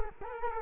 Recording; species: mosquito wingbeat signal from an infrared sensor; Culex quinquefasciatus